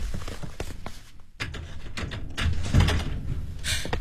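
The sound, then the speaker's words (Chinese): A door is being opened after a neighborhood committee director calls for it to be opened: a run of sharp clicks and rattling knocks, then a heavier low thump as it swings, with no voices. “你开门呐”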